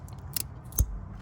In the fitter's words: I hear the click